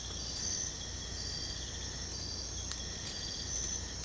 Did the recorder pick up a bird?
no